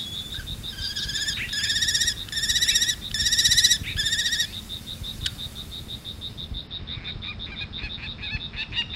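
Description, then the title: Common kestrel calls: a run of grating, pulsed trills repeated roughly every second, then fading into quieter scattered notes over a constant high whine. Recorded at Baiyangdian; the kestrel is nicknamed the "vole killer". "家住白洋淀——我的观鸟笔记 “田鼠杀手”红隼"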